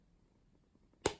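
The snap fastener on the leather sheath strap of a Cold Steel Ranch Boss 2 knife is pressed closed a second time, which takes considerable force. After near silence, a single sharp snap lands at 1.1 s and quickly decays. The fastener snaps shut and is seated.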